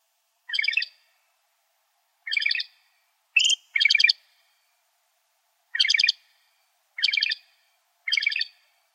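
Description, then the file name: Loggerhead shrike uttering short buzzy, harmonic rasping notes, about seven spaced irregularly, one a higher clipped note. "LOSH 4 A deviche"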